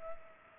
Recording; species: mosquito wingbeat signal from an infrared sensor; Culex pipiens